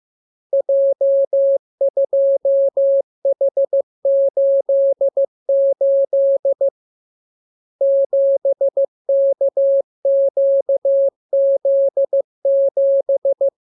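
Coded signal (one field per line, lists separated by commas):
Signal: Morse code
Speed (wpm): 15 wpm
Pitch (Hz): 550 Hz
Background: none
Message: J2H88 7KQZ7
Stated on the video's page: Morse lesson 34 of 42: radiogram practice opening with VVV and section sign, closing with AR, covering letters, numbers, punctuation and Q-codes.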